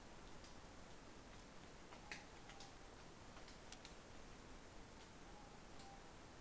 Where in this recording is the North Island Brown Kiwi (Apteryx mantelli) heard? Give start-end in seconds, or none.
none